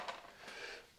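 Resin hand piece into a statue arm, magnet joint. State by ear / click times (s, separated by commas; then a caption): not seated / none. A resin hand piece is handled at the arm of a painted resin statue, where it is meant to be held by a magnet joint. Soft, brief scraping and rustling contacts are heard around 0.1 s and again near 0.5 s, fading out by the end. Nothing has seated or clicked yet; the hand is not home.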